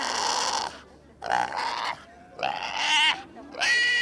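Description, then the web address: Pig screaming, loud harsh squeals in bursts of about half a second to a second, separated by short pauses, some with wavering pitch. "the sound pack tree. screaming pig"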